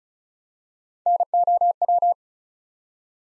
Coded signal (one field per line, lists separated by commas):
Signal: Morse code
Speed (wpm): 36 wpm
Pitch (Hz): 700 Hz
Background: none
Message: NOW